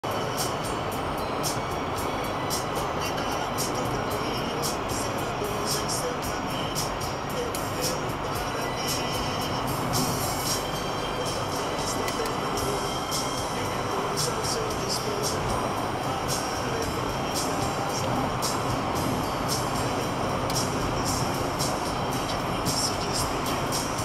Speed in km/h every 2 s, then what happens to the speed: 176, 177, 174, 173, 176, 176, 179, 179, 181, 180, 178, 177.
0-24 steady at about 177.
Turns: none.